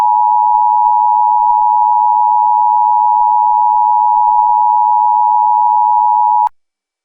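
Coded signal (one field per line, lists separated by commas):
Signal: Emergency Alert System (SAME) tones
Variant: 853 and 960 Hz attention tone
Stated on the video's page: Fictional mock EAS scenario, not a real alert.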